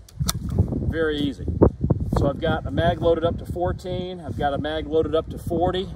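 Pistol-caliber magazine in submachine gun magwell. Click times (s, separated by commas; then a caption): 0.3 s. A 9mm polymer magazine with a plastic catch is pulled out of a submachine gun magwell right after being clicked in, coming free from the catch with a sharp hit at 0.3 s. Small taps follow at about 0.5 and 0.6 s, then someone talks for the rest of the clip. The magazine is released from the catch.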